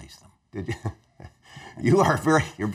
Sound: laugh